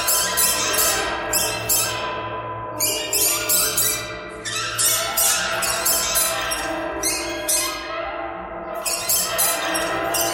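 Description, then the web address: Birds giving harsh, squawky calls in rapid overlapping bursts, several per second, with short pauses between runs of calling. "soundfactory birds birds birds thread buzz all"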